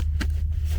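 A plastic coupler is slid by hand onto corrugated plastic drainage tile, its internal lips clipping into the tile grooves over a steady low engine rumble. A sharp snap is heard at 0.2 s as the coupler seats, and the connection is confirmed good.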